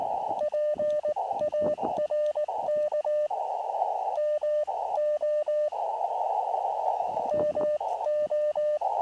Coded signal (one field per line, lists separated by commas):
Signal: Morse code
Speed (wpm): 18 wpm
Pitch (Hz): 600 Hz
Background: radio noise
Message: PARK MO MO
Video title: Ham Radio Camping Adventure | QRP CW | Elecraft KX2 Outdoor Portable